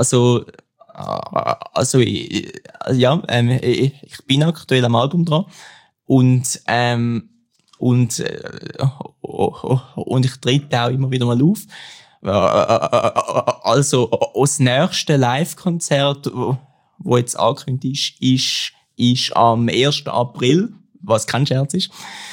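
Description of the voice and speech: An adult man speaks German in short bursts broken by long silent gaps of over a second. He repeats whole words ("also… also", "und… und… und", "ist… ist… ist") and stretches sounds with tense, creaky starts. These are typical stuttering disfluencies: repetitions, prolongations and blocks.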